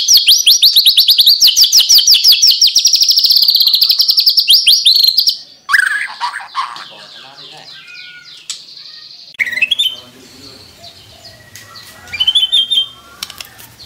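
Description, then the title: White-rumped shama song: a loud, fast buzzy trill for about five seconds, followed by quieter scattered whistles and chips with pauses between them. Song-training (masteran) material for caged birds. "MURAI BATU LABAIK"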